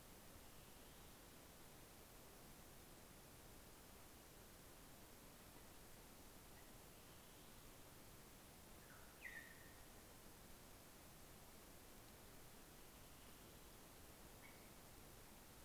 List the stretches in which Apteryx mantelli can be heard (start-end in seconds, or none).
none